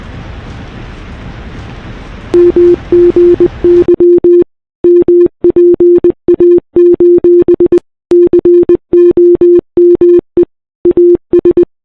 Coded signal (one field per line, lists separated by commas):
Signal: Morse code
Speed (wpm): 19 wpm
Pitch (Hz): 350 Hz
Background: none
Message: MGY MPA: COME AS